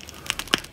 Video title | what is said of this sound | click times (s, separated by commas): HEAD SWAP: SH Figuarts Dr Strange Battle on Titan Edition from Avengers Infinity War | the one from this body and it fits perfectly you can hear the clicking sound just now | 0.5 s